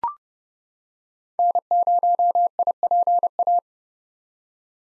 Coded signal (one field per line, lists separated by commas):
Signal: Morse code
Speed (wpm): 30 wpm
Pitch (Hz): 700 Hz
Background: none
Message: N0IPA